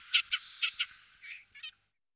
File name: Tuhyk rudohlavy Lanius senator